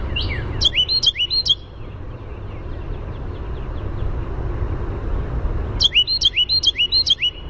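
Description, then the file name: Carolina wren song heard twice: a short burst of rolling repeated phrases at the start and another series at the end, with low traffic-like rumble throughout. "CARW song"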